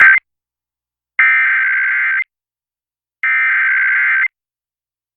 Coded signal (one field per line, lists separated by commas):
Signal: Emergency Alert System (SAME) tones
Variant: header bursts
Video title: Connecticut Amber Alert on WKSS (9/20/2025) (EAS #211)